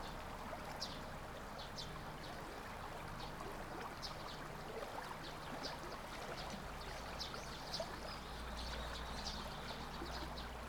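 A steady, dense rush like running or trickling water fills a day of wandering in Kanazawa, unchanging across the whole stretch. Short bright chirps flicker above it every second or so, and a low hum sits underneath throughout.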